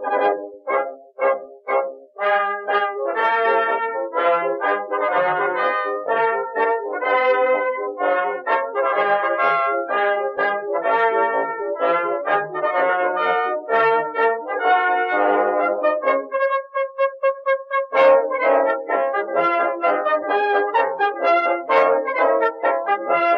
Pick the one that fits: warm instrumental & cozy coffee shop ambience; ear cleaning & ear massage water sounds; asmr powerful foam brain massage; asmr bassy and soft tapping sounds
warm instrumental & cozy coffee shop ambience